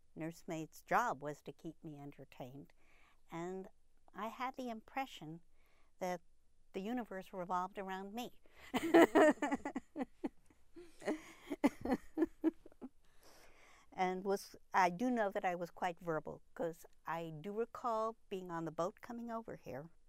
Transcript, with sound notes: nursemaid's job was to keep me entertained and I had the impression that the universe revolved around me. (she laughs) And I do know that I was quite verbal cause I do recall being on the boat coming over here